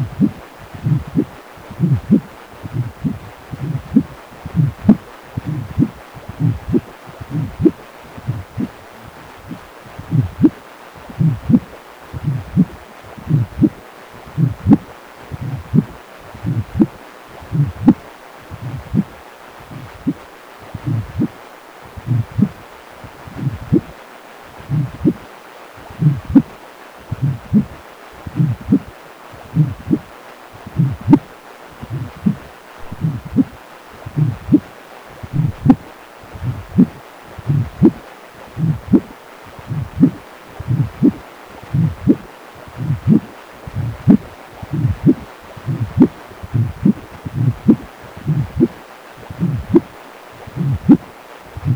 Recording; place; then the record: Doppler ultrasound of blood flow; precordium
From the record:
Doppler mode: continuous wave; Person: healthy adult, 18 to 50 years, no heart murmur, not diving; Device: 2.5 MHz transducer